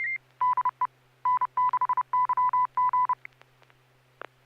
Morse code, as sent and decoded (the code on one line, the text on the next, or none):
-.. . / -. -.... -.-- --.
DE N6YG